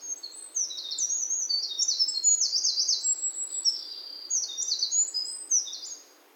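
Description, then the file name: Eurasian wren singing a long, vigorous, high torrent of trills and tinkling notes, with fast rattling bursts throughout and over five seconds of almost unbroken song. Recorded on Mount Nikko-Shirane, Japan, on 7 August 2019; singing. "ミソサザイ 190807 日光白根山 さえずり"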